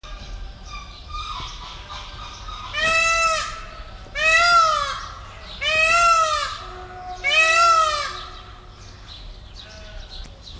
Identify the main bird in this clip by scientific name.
Pavo cristatus